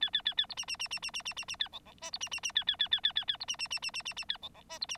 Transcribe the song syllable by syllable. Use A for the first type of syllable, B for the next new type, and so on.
A A A A B C C C C C C C C C A D D E B C C C A A A A A A A B C C C C C C C A D D E B C